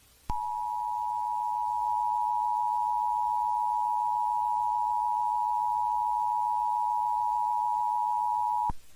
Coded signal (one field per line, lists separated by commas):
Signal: Emergency Alert System (SAME) tones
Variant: 853 and 960 Hz attention tone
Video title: [EAS Scenario] Anti-Melody | Part.1